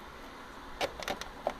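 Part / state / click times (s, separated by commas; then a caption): tail light component into its housing on a motorhome / not seated / none. A tail light component is pressed toward its mounting in the light housing of a GMC motorhome, with a quiet background, then a few short plastic-sounding handling knocks and taps from about 0.8 s onward. The part is only being handled and nothing has seated or clicked into place yet.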